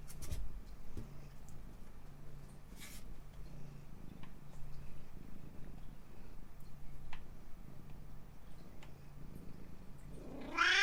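A cat purrs in a low, steady rhythm for several seconds, with a few soft clicks and rustles, before breaking into a sudden, loud, rising meow right at the end.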